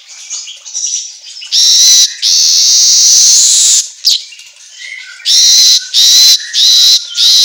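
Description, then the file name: Asian golden weaver singing, long wheezy buzz followed by a string of shorter buzzy bursts and a few faint chirps. Song recording meant for training songbirds to sing constantly ('auto gacor'). "Suara Kicau Manyar Kepala Emas Auto Gacor"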